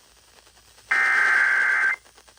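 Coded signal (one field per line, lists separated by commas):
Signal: Emergency Alert System (SAME) tones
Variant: header bursts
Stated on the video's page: Real Severe Thunderstorm Warning alert aired on a broadcast station.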